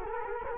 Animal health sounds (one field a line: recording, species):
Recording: mosquito wingbeat signal from an infrared sensor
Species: Culex quinquefasciatus